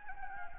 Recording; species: mosquito wingbeat signal from an infrared sensor; Anopheles gambiae